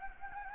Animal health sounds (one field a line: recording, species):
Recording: mosquito wingbeat signal from an infrared sensor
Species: Anopheles gambiae